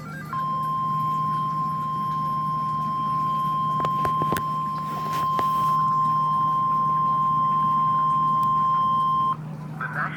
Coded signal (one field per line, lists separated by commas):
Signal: Emergency Alert System (SAME) tones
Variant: 1050 Hz attention tone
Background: speech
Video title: EAS/NWR Alert or message #570: Literally the only PDS TOR captured today .-.